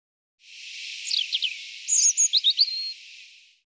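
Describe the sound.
European robin singing a high, thin phrase of sliding whistles and rapid twittering notes over a steady hiss of background noise.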